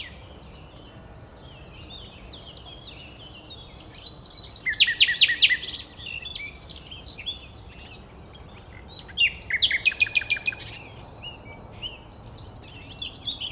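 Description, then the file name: Common nightingale song with loud, fast, harsh rattling bursts around five and ten seconds, separated by softer varied notes. "Luscinia megarhynchos"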